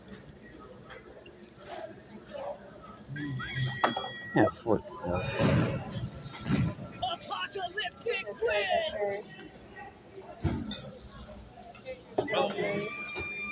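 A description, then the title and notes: Restaurant chatter with overlapping conversation from about three seconds on, scattered clinks of dishes, and a quieter murmur early and late. Watermill restaurant. This is us eating at the restaurant and u may hear conversations as well.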